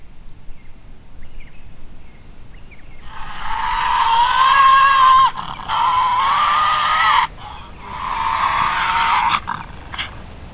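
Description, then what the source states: Tasmanian devil cries: three harsh, raspy screaming bursts over a quiet, slightly noisy background. The cry has not been heard on mainland Australia for some 3,000 years.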